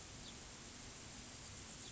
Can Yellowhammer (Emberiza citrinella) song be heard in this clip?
no